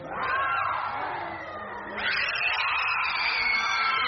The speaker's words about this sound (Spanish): Juego de la Ouija. Las escolares, gritaron, que les digo, mire. Se retorcieron y hasta hablaban lenguajes extraños.